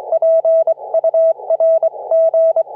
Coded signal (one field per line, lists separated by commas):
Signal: Morse code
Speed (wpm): 28 wpm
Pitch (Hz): 620 Hz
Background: none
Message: PURG